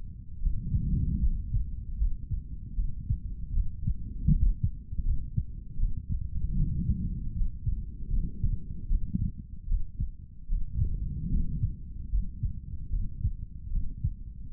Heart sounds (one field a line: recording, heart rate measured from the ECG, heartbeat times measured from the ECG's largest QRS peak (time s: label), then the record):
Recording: heart sounds by stethoscope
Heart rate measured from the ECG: 77 bpm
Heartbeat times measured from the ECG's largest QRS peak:
0.40 s: heartbeat
1.20 s: heartbeat
1.97 s: heartbeat
2.75 s: heartbeat
3.52 s: heartbeat
4.29 s: heartbeat
5.03 s: heartbeat
5.78 s: heartbeat
6.55 s: heartbeat
7.33 s: heartbeat
8.09 s: heartbeat
8.88 s: heartbeat
9.67 s: heartbeat
10.48 s: heartbeat
11.30 s: heartbeat
12.10 s: heartbeat
12.90 s: heartbeat
13.70 s: heartbeat
14.50 s: heartbeat
From the record:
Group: healthy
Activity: cold pressor test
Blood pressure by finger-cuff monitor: 102/67 mmHg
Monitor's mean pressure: 78 mmHg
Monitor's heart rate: 77 bpm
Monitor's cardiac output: 3.8 L/min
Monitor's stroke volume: 49 mL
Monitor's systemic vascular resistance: 1480 dyn s/cm5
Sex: male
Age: 55 years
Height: 167 cm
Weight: 57.2 kg